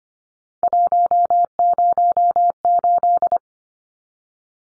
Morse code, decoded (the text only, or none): 108